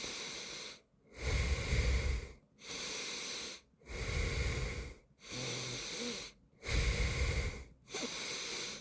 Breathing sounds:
nose breathing near a microphone
0.00-0.83 s: inhalation
0.83-2.33 s: exhalation
2.33-3.63 s: inhalation
3.63-4.98 s: exhalation
4.98-6.33 s: inhalation
6.33-7.58 s: exhalation
7.58-8.81 s: inhalation
From the record:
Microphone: phone

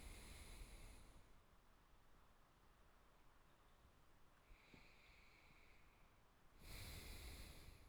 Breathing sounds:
nose breathing near a microphone
0.00-1.54 s: exhalation
4.37-6.50 s: inhalation
6.50-7.89 s: exhalation
From the record:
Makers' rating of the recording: good

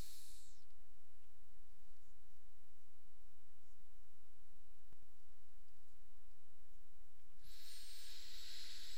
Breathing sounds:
nose breathing near a microphone
0.00-1.06 s: exhalation
7.21-8.98 s: inhalation
From the record:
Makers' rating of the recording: medium

